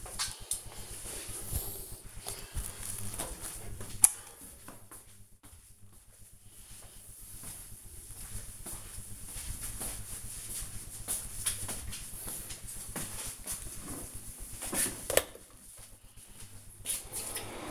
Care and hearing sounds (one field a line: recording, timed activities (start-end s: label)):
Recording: household activities, microphone on the right wrist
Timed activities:
14.82-17.71 s: making tea